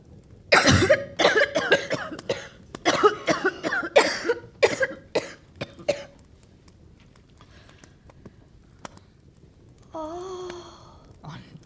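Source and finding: Children (acted). Cough.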